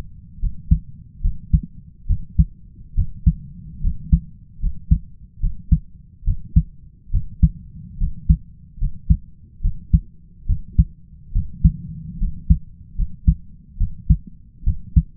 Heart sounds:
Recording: heart sounds by stethoscope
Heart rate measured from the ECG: 72 bpm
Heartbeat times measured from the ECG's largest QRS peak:
0.40 s: heartbeat
1.22 s: heartbeat
2.07 s: heartbeat
2.95 s: heartbeat
3.81 s: heartbeat
4.60 s: heartbeat
5.40 s: heartbeat
6.24 s: heartbeat
7.11 s: heartbeat
7.98 s: heartbeat
8.78 s: heartbeat
9.61 s: heartbeat
10.46 s: heartbeat
11.32 s: heartbeat
12.18 s: heartbeat
12.95 s: heartbeat
13.78 s: heartbeat
14.64 s: heartbeat
From the record:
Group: healthy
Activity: rest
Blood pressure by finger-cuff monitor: 116/68 mmHg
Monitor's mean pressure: 80 mmHg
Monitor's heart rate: 71 bpm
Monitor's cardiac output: 5.1 L/min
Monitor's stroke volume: 71 mL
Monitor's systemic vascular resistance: 1140 dyn s/cm5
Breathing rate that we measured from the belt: 15 breaths a minute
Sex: male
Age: 20 years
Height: 167 cm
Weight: 61 kg

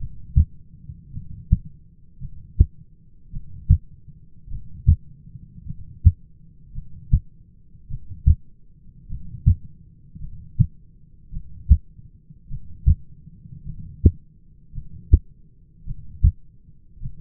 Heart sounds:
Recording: heart sounds by stethoscope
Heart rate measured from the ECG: 53 bpm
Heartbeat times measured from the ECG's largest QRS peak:
1.12 s: heartbeat
2.20 s: heartbeat
3.31 s: heartbeat
4.50 s: heartbeat
5.65 s: heartbeat
6.73 s: heartbeat
7.89 s: heartbeat
9.08 s: heartbeat
10.19 s: heartbeat
11.31 s: heartbeat
12.49 s: heartbeat
13.65 s: heartbeat
14.73 s: heartbeat
15.85 s: heartbeat
17.01 s: heartbeat
From the record:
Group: heart failure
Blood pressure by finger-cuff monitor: 105/61 mmHg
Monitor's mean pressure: 75 mmHg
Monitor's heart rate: 53 bpm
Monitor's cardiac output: 6.1 L/min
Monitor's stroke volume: 115 mL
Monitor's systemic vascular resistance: 890 dyn s/cm5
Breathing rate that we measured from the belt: 14 breaths a minute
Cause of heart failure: dilated cardiomyopathy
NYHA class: 2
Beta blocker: bisoprolol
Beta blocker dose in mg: 10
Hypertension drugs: sacubitril-valsartan, spironolactone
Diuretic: furosemide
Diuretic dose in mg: 40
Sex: male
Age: 29 years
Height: 174 cm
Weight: 92 kg

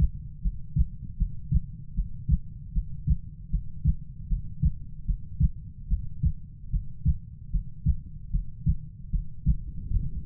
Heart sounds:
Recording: heart sounds by stethoscope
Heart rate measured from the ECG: 76 bpm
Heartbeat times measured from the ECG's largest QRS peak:
0.42 s: heartbeat
1.17 s: heartbeat
1.95 s: heartbeat
2.73 s: heartbeat
3.50 s: heartbeat
4.28 s: heartbeat
5.05 s: heartbeat
5.88 s: heartbeat
6.70 s: heartbeat
7.51 s: heartbeat
8.31 s: heartbeat
9.10 s: heartbeat
9.91 s: heartbeat
From the record:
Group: healthy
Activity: breath hold 0-2 s, rest 2-10 s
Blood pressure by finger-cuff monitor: 104/67 mmHg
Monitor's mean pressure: 78 mmHg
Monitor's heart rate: 77 bpm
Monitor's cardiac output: 6.3 L/min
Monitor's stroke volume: 82 mL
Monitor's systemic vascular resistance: 890 dyn s/cm5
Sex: female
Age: 19 years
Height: 163 cm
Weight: 48.9 kg

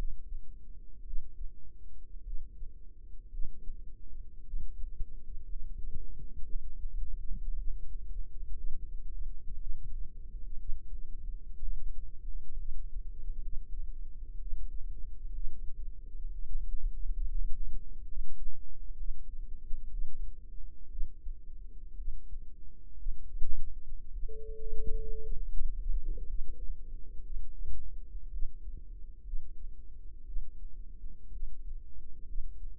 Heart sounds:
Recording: heart sounds by microphone in the right ear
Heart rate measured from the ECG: 60 bpm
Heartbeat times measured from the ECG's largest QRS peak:
1.04 s: heartbeat
2.24 s: heartbeat
3.30 s: heartbeat
4.44 s: heartbeat
5.47 s: heartbeat
6.46 s: heartbeat
7.56 s: heartbeat
8.55 s: heartbeat
9.58 s: heartbeat
10.58 s: heartbeat
11.60 s: heartbeat
12.57 s: heartbeat
13.42 s: heartbeat
14.40 s: heartbeat
15.33 s: heartbeat
16.32 s: heartbeat
17.28 s: heartbeat
18.08 s: heartbeat
18.97 s: heartbeat
19.90 s: heartbeat
20.90 s: heartbeat
21.96 s: heartbeat
22.97 s: heartbeat
24.12 s: heartbeat
25.22 s: heartbeat
26.27 s: heartbeat
27.23 s: heartbeat
28.31 s: heartbeat
29.24 s: heartbeat
30.25 s: heartbeat
31.31 s: heartbeat
32.27 s: heartbeat
From the record:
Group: healthy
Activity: rest 0-24 s, cold pressor test 24-33 s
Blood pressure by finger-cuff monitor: 98/58 mmHg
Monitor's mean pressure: 72 mmHg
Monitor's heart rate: 60 bpm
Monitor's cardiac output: 5.5 L/min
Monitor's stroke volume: 91 mL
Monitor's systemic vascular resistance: 950 dyn s/cm5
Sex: female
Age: 28 years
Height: 170 cm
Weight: 77 kg

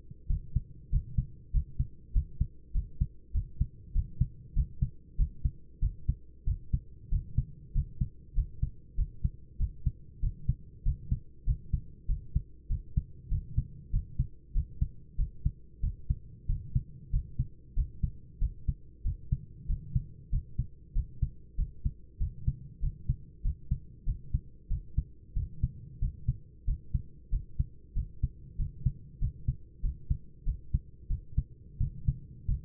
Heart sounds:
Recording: heart sounds by stethoscope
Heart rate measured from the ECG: 95 bpm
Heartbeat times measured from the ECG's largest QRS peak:
0.28 s: heartbeat
0.91 s: heartbeat
1.52 s: heartbeat
2.13 s: heartbeat
2.73 s: heartbeat
3.33 s: heartbeat
3.94 s: heartbeat
4.55 s: heartbeat
5.17 s: heartbeat
5.81 s: heartbeat
6.46 s: heartbeat
7.10 s: heartbeat
7.74 s: heartbeat
8.35 s: heartbeat
8.97 s: heartbeat
9.58 s: heartbeat
10.21 s: heartbeat
10.84 s: heartbeat
11.45 s: heartbeat
12.07 s: heartbeat
12.69 s: heartbeat
13.30 s: heartbeat
13.92 s: heartbeat
14.53 s: heartbeat
15.17 s: heartbeat
15.82 s: heartbeat
16.47 s: heartbeat
17.11 s: heartbeat
17.75 s: heartbeat
18.40 s: heartbeat
19.03 s: heartbeat
19.67 s: heartbeat
20.31 s: heartbeat
20.94 s: heartbeat
21.57 s: heartbeat
22.19 s: heartbeat
22.81 s: heartbeat
23.43 s: heartbeat
24.05 s: heartbeat
24.69 s: heartbeat
25.35 s: heartbeat
26.00 s: heartbeat
26.66 s: heartbeat
27.31 s: heartbeat
27.94 s: heartbeat
28.57 s: heartbeat
29.20 s: heartbeat
29.82 s: heartbeat
30.45 s: heartbeat
31.08 s: heartbeat
31.79 s: heartbeat
32.47 s: heartbeat
From the record:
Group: healthy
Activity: cold pressor test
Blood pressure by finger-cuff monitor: 141/71 mmHg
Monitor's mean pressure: 90 mmHg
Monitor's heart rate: 95 bpm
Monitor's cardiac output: 10.1 L/min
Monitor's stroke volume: 105 mL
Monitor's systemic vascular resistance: 650 dyn s/cm5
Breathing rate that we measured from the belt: 19 breaths a minute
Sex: male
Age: 24 years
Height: 184 cm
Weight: 89 kg

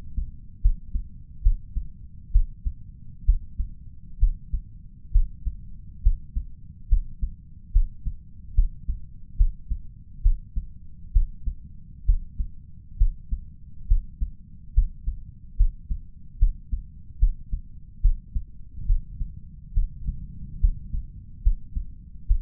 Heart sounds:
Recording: heart sounds by stethoscope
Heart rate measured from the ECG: 69 bpm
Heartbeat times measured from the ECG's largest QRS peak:
0.61 s: heartbeat
1.42 s: heartbeat
2.32 s: heartbeat
3.25 s: heartbeat
4.19 s: heartbeat
5.12 s: heartbeat
6.02 s: heartbeat
6.88 s: heartbeat
7.72 s: heartbeat
8.54 s: heartbeat
9.37 s: heartbeat
10.22 s: heartbeat
11.12 s: heartbeat
12.05 s: heartbeat
12.97 s: heartbeat
13.87 s: heartbeat
14.74 s: heartbeat
15.56 s: heartbeat
16.38 s: heartbeat
17.19 s: heartbeat
18.01 s: heartbeat
18.86 s: heartbeat
19.73 s: heartbeat
20.60 s: heartbeat
21.43 s: heartbeat
22.27 s: heartbeat
From the record:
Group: healthy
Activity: rest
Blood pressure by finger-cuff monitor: 109/73 mmHg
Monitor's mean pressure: 87 mmHg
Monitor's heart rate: 71 bpm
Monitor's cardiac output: 5.2 L/min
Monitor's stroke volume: 74 mL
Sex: male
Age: 35 years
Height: 178 cm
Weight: 64 kg

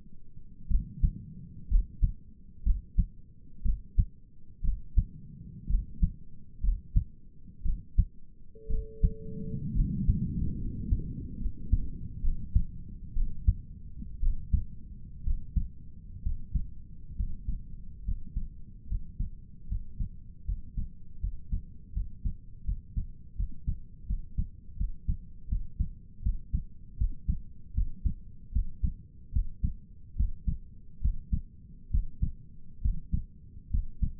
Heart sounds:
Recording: heart sounds by stethoscope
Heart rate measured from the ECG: 69 bpm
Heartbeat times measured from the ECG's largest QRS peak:
0.70 s: heartbeat
1.69 s: heartbeat
2.65 s: heartbeat
3.64 s: heartbeat
4.64 s: heartbeat
5.69 s: heartbeat
6.63 s: heartbeat
7.65 s: heartbeat
8.70 s: heartbeat
9.75 s: heartbeat
10.59 s: heartbeat
11.39 s: heartbeat
12.23 s: heartbeat
13.15 s: heartbeat
14.21 s: heartbeat
15.25 s: heartbeat
16.23 s: heartbeat
17.16 s: heartbeat
18.04 s: heartbeat
18.87 s: heartbeat
19.68 s: heartbeat
20.45 s: heartbeat
21.20 s: heartbeat
21.93 s: heartbeat
22.65 s: heartbeat
23.36 s: heartbeat
24.07 s: heartbeat
24.77 s: heartbeat
25.49 s: heartbeat
26.23 s: heartbeat
26.98 s: heartbeat
27.74 s: heartbeat
28.53 s: heartbeat
29.33 s: heartbeat
30.17 s: heartbeat
31.02 s: heartbeat
31.91 s: heartbeat
32.82 s: heartbeat
33.71 s: heartbeat
From the record:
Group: healthy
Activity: rest 0-11 s, Valsalva maneuver 11-34 s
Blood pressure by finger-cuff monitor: 96/59 mmHg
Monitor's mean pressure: 69 mmHg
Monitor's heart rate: 67 bpm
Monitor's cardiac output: 5.4 L/min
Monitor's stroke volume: 87 mL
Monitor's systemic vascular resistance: 870 dyn s/cm5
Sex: male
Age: 22 years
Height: 181 cm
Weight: 79 kg

